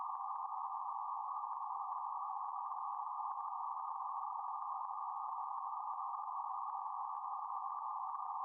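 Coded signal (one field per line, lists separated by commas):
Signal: PSK31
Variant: BPSK31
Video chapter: 0:20 KN4KQJ DE KF5NRU BPSK31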